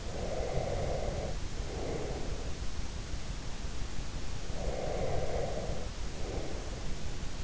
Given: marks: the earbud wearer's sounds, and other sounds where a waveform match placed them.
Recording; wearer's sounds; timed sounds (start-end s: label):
sounds in sleep by an in-ear microphone; breath
0.00-2.51 s: breath
4.45-6.91 s: breath